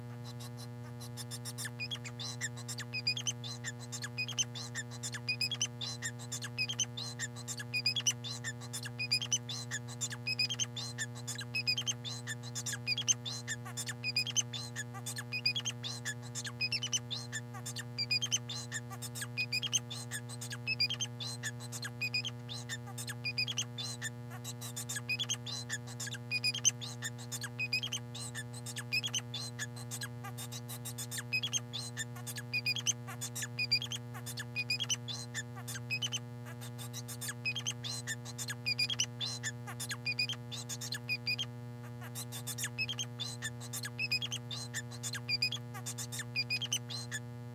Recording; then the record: song of a male Bengalese finch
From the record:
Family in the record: son of father 4